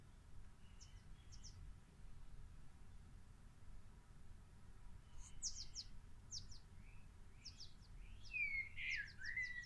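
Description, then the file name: Bird song: scattered high thin notes and chirps, then a louder twittering phrase near the end, with low background rumble throughout. "chant oiseaux"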